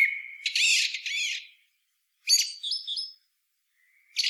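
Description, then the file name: Common blackbird calls: a thin steady whistle leading into harsh, buzzy squawking bursts, a pause, then a squeaky warbled phrase and another sharp note at the end. "Turdus merula"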